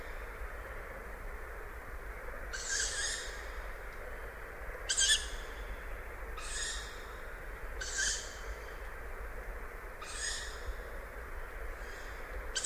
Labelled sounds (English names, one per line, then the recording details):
Tawny Owl call
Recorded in the wild
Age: juvenile
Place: Kützerhof, Kummerower See, Mecklenburg-Vorpommern, DE
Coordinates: 53.8719, 12.8372
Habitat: forest
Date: 2010-06-24
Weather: 13°C, windstill
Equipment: Sound Devices 702, Sennheiser MKH 70, Rycote Windschutz
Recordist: Frommolt, Karl-Heinz